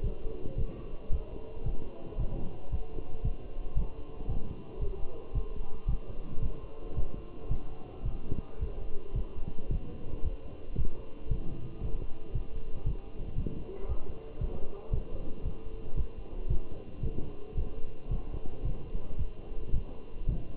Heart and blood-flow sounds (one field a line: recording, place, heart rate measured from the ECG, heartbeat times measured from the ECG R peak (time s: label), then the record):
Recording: heart sounds by stethoscope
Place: between the tricuspid and mitral areas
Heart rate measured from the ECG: 113 bpm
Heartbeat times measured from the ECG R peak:
0.04 s: heartbeat
0.58 s: heartbeat
1.12 s: heartbeat
1.66 s: heartbeat
2.19 s: heartbeat
2.72 s: heartbeat
3.25 s: heartbeat
3.77 s: heartbeat
4.29 s: heartbeat
4.81 s: heartbeat
5.35 s: heartbeat
5.89 s: heartbeat
6.42 s: heartbeat
6.96 s: heartbeat
7.51 s: heartbeat
8.06 s: heartbeat
8.61 s: heartbeat
9.16 s: heartbeat
9.71 s: heartbeat
10.24 s: heartbeat
10.78 s: heartbeat
11.31 s: heartbeat
11.83 s: heartbeat
12.35 s: heartbeat
12.86 s: heartbeat
13.38 s: heartbeat
13.89 s: heartbeat
14.41 s: heartbeat
14.93 s: heartbeat
15.45 s: heartbeat
15.97 s: heartbeat
16.50 s: heartbeat
17.03 s: heartbeat
17.57 s: heartbeat
18.11 s: heartbeat
18.65 s: heartbeat
19.19 s: heartbeat
19.74 s: heartbeat
20.28 s: heartbeat
From the record:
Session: walking at 3.7 km/h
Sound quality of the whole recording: good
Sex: male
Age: 27 years